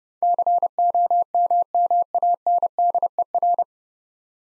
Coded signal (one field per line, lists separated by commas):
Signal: Morse code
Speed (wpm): 30 wpm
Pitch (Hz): 700 Hz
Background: none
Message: COMMANDER